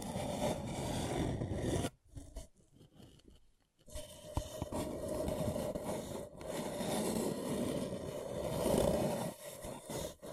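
Paper cup tingles: a dense, scratchy rubbing and rasping across the cup, mostly low and mid-toned with a crackly top. The scraping runs almost continuously, broken by a quiet, halting pause from about two to four seconds, then resumes with short rhythmic strokes.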